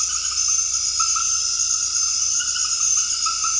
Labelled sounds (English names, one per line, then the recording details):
none
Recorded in dense forest near Puerto Asís, Putumayo, Colombia, on 18 February 2024 at 23:00
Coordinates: 0.485, -76.318
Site G6408